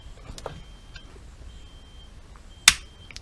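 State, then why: Seated. A locking pin on the slide of a radio mounting bracket is pushed downward while an aftermarket touch screen radio and navigation head unit is mounted in a BMW E46 dashboard. After a few faint ticks and light handling noises, one loud, sharp click rings out at 2.7 s. The pin has locked into place and the unit is solidly seated.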